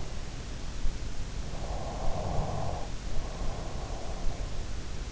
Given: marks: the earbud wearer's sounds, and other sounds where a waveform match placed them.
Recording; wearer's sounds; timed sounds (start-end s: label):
sounds in sleep by an in-ear microphone; snoring breath
1.24-4.27 s: snoring breath